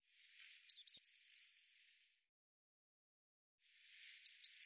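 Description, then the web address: Eurasian blue tit call: a few very high, thin descending notes running into a fast buzzy trill, given once and then starting again near the end; otherwise silent. "cianscape birddata Deverinetal 2025 File cleaned normalized Bird Cy Ca"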